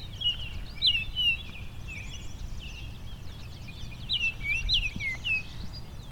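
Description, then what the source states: Baltimore Oriole song, clear whistled notes slurring downward in two short phrases. Possibly a young bird, plumage more yellow than orange; freshly arrived; clear songbird-like tones; conservation area, May 16, 2020.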